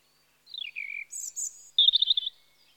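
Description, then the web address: European robin song, a descending thin whistle followed by high sibilant notes and a fast warbled trill, all high-pitched and clear. Spring. "BBC Sound Effects Library Birds Robin (Erithacus Rubecula) Spring"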